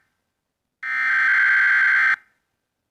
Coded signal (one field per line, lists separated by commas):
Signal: Emergency Alert System (SAME) tones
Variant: header bursts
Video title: The Rake is After _ _ _ | Mini EAS Scenario